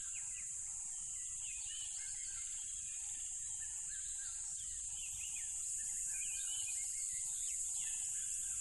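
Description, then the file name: Crickets drone on in a high unbroken trill; rapid bird notes, repeated low pulses and river rush sound beneath. Loud crickets beside a tropical river. "smartsound ATMO NATURE Tropical River Loud Crickets"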